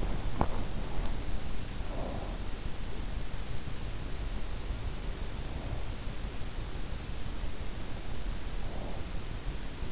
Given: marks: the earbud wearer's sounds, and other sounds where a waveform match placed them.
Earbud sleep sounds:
sounds in sleep by an in-ear microphone; teeth grinding, breath
0.00-0.96 s: teeth grinding
2.00-2.58 s: breath
8.53-9.11 s: breath

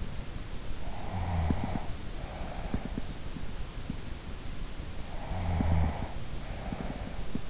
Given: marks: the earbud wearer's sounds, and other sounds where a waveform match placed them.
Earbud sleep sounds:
sounds in sleep by an in-ear microphone; snoring breath
1.01-3.30 s: snoring breath
5.26-7.50 s: snoring breath

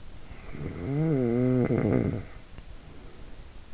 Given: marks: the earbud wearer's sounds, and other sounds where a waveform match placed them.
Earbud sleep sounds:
sounds in sleep by an in-ear microphone; snoring breath
0.29-3.43 s: snoring breath

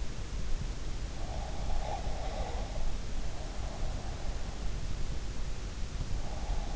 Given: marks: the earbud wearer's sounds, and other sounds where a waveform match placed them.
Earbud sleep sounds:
sounds in sleep by an in-ear microphone; breath
1.27-2.82 s: breath

